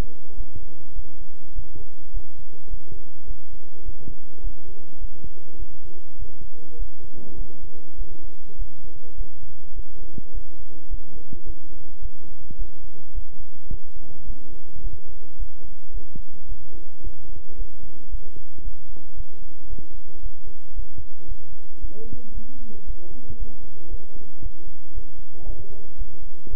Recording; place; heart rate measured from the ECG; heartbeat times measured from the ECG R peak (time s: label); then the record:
heart sounds by stethoscope; between the tricuspid and mitral areas; 108 bpm
0.35 s: heartbeat
0.94 s: heartbeat
1.53 s: heartbeat
2.11 s: heartbeat
2.69 s: heartbeat
3.26 s: heartbeat
3.84 s: heartbeat
4.41 s: heartbeat
4.99 s: heartbeat
5.57 s: heartbeat
6.17 s: heartbeat
6.77 s: heartbeat
7.36 s: heartbeat
7.96 s: heartbeat
8.56 s: heartbeat
9.15 s: heartbeat
9.74 s: heartbeat
10.32 s: heartbeat
10.89 s: heartbeat
11.45 s: heartbeat
12.00 s: heartbeat
12.56 s: heartbeat
13.13 s: heartbeat
13.69 s: heartbeat
14.25 s: heartbeat
14.81 s: heartbeat
15.37 s: heartbeat
15.92 s: heartbeat
16.47 s: heartbeat
17.02 s: heartbeat
17.56 s: heartbeat
18.10 s: heartbeat
18.62 s: heartbeat
19.15 s: heartbeat
19.68 s: heartbeat
20.21 s: heartbeat
20.74 s: heartbeat
21.26 s: heartbeat
21.80 s: heartbeat
22.32 s: heartbeat
22.85 s: heartbeat
23.37 s: heartbeat
23.89 s: heartbeat
24.41 s: heartbeat
24.93 s: heartbeat
25.44 s: heartbeat
25.96 s: heartbeat
26.49 s: heartbeat
From the record:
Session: bicycle stress test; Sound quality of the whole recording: good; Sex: male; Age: 26 years